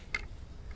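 The upper limb of a takedown recurve bow is pushed into the upper limb pocket of the riser and seats with a sharp click at 0.2 s, a brief bright hit spread from about 1 to 10 kHz. A faint, softer tick follows near 0.7 s over a steady low hum.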